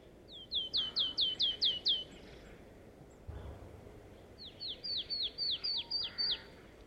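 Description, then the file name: Marsh tit giving a quick run of crisp, downward-sweeping high notes, then after a gap a second series of the same notes, over a steady background hiss. "Poecile palustris"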